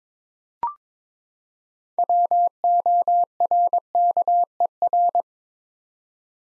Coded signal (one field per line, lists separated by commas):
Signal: Morse code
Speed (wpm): 22 wpm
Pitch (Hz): 700 Hz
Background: none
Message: WORKER